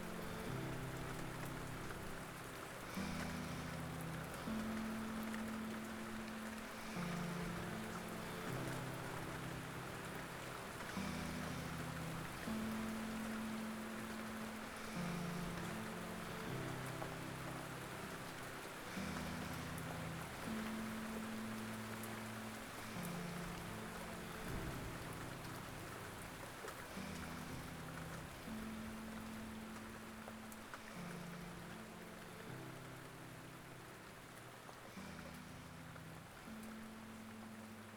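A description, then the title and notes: Forest rain falls in a steady, dense hiss of countless drops, unchanging from start to finish. Underneath runs a low humming drone whose pitch steps up and down in a pattern that repeats roughly every seven or eight seconds, like an engine or machine. Forest rain.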